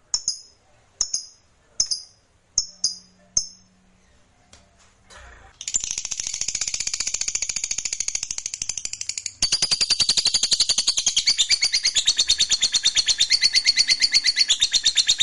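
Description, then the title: Lovebird: several separate sharp chirps at first, then a sustained, rapid buzzy chatter that starts and grows louder midway. Fighter-type lovebird singing energetically (gacor). "SUARA Lovebird FIGHTER GACOR"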